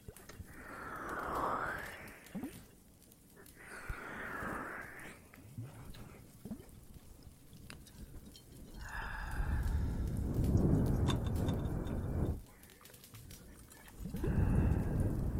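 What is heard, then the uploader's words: Water and fire sounds from a cave, with rushing, rumbling swells that rise and fall in waves around 1, 4, 9 to 12 and 14 seconds. Between them come quieter gaps with sharp crackles and pops, and a low roar dominates the louder stretches. Some more Cave ASMR, Water and Fireplace added.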